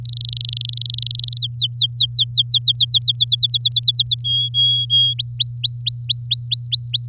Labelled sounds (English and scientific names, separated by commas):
Domestic Canary (Serinus canaria) song